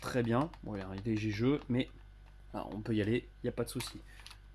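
Someone talks while handling the slide or its catch on an Inokatsu Glock 17 Gen3 replica pistol, with a couple of faint handling taps near the end. The part has not locked or seated yet, and no click is heard.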